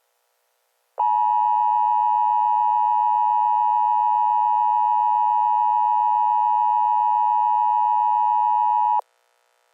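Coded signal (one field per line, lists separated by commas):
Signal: Emergency Alert System (SAME) tones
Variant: 853 and 960 Hz attention tone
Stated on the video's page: Fictional EAS scenario about a sudden extreme temperature drop; simulated, not a real alert.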